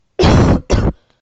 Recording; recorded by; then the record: voluntary cough; messaging app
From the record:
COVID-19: negative